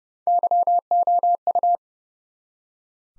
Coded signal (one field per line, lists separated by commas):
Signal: Morse code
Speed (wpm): 30 wpm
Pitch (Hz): 700 Hz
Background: none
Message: YOU